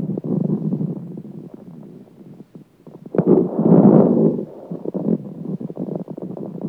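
Many brief, irregular popping clicks run through low, muffled breath sounds from an adult chest, with a louder breath near the middle. These are airway crackles, the discontinuous pops heard when fluid or secretions sit in the airways.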